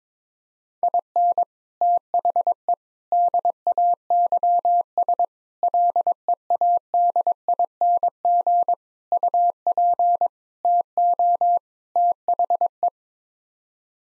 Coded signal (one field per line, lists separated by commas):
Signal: Morse code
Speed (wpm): 22 wpm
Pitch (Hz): 700 Hz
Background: none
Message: IN THE DAYS LEADING UP TO THE